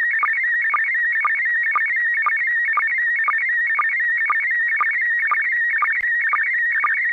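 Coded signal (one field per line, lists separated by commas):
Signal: SSTV (slow-scan television)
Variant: PD120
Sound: steady warbling, buzzy tone with short low blips about twice a second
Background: faint radio hiss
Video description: Russian cosmonauts on the International Space Station (ISS) sent out Slow Scan TV images on 145.800 MHz FM using the SSTV mode PD-120.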